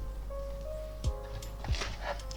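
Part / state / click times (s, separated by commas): plastic building brick onto a brick model / not seated / none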